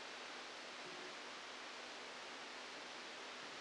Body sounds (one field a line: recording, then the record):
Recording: brain microelectrode recording played as sound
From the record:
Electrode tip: outside the subthalamic nucleus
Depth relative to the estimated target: -4 mm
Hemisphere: left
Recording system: NeuroSet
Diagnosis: Parkinson's disease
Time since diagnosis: 27 years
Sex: male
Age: 62 years